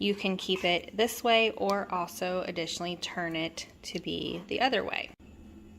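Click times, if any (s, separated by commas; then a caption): none. Someone talks while handling the phone clamp head on a selfie-stick tripod, which is being turned from one orientation to the other. Nothing has seated or clicked into the rotated position yet.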